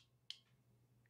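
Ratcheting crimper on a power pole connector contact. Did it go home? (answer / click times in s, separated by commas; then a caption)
yes / 0.3 s. A ratcheting crimper made for Anderson Powerpole connectors is closed on a Powerpole connector contact. A single sharp click at 0.3 s marks the ratchet reaching full pressure and releasing, over a steady low hum. The full crimp is reached and a small indicator jumps up.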